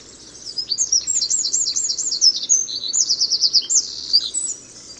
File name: Troglodytes troglodytes